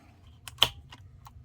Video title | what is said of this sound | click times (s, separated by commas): JOB LOT 19: I AM BACK! Testing Retro Phones, Smartphones, FRP Bypasses, Laptop Mayhem & More! | there you go once you hear it clicked in | 0.6 s